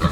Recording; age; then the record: pig call; growing-finishing pig (85 days or more)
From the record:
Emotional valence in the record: positive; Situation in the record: enriched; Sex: male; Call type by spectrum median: low-frequency call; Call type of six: low-frequency modulated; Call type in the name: low-frequency modulated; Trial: 3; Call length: 0.11 s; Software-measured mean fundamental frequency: 83 Hz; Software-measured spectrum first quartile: 145 Hz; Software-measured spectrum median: 419 Hz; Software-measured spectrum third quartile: 1338 Hz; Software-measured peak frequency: 169 Hz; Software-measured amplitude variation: 167 dB a second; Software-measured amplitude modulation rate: 4.4 a second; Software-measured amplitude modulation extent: 37.5 dB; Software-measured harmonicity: 2.2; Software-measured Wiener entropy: -1.36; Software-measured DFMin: 766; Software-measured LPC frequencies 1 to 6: 1214, 1831, 3754, 5214, 6883, 7535 Hz